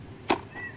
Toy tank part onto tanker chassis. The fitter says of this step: हो चुका है ऐसे दबा नहीं था लॉक नहीं हुआ था लॉक हो गया यह देखो